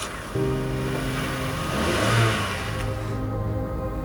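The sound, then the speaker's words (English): A car engine hums low and steady, then revs up with a rising surge before the noise eases off as the car pulls away at night in Nevada near Area 51, a broad rushing sound over the motor's drone. “We make it back to the car.”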